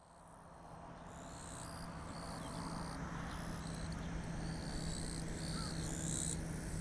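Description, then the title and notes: Japanese bush cricket song: high, buzzy bursts repeated in overlapping chorus, with steady low rumbling background noise growing louder. Calling to one another actively in blazing daytime heat, 5 August 2020, Kariwa, Niigata, Japan; same spot as a night recording; Zoom H6 with Sennheiser MKH8020 microphone. "炎天下のキリギリス. 新潟県刈羽村"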